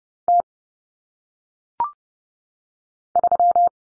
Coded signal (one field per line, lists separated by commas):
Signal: Morse code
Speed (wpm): 30 wpm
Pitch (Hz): 700 Hz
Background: none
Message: T 3